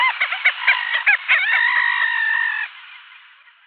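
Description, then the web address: Little auk calls: a quick run of nasal chattering notes, then a sustained buzzy trill that stops abruptly. "Schulze Peter Little Auk"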